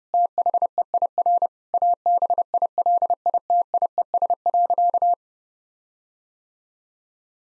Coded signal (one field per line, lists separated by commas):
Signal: Morse code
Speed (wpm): 30 wpm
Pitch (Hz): 700 Hz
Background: none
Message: THEIR ABILITIES.